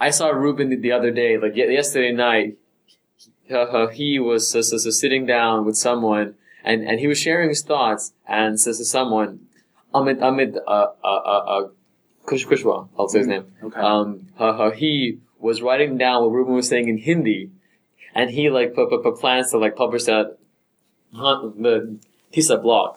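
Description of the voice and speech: Adult man speaking in a conversation at a conference among people who stutter, with repeated sounds and syllables and several hesitations, typical of stuttering.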